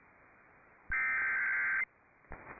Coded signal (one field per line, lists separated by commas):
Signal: Emergency Alert System (SAME) tones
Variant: header bursts